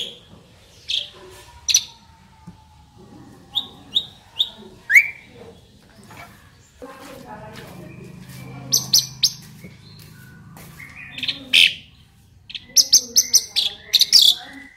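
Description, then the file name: Asian pied starling song: a varied run of short whistles, harsh buzzy bursts and sharp high chirps, spaced irregularly with quiet gaps, over a faint low hum. Indonesian jalak suren described as a champion songbird. "suara burung jalak suren juara"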